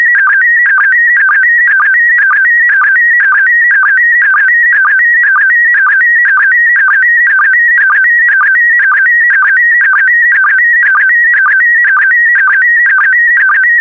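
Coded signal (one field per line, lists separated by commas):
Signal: SSTV (slow-scan television)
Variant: PD120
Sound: warbling tone jumping between high pitches, with a short low blip about twice a second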